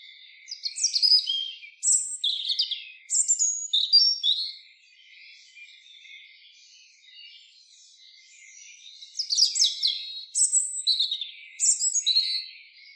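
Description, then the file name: European robin singing two bursts of high, sparkling, varied phrases mixing rapid trills and thin whistles, separated by a quiet gap of soft twittering. "Erithacus rubecula"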